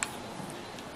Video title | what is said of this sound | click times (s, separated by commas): Cara aman memakai gerinda tangan | sambil diputar-putar sedikit sampai ngunci. | 0.0 s